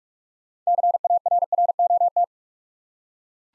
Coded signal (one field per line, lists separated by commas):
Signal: Morse code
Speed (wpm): 44 wpm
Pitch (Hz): 700 Hz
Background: none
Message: CARROT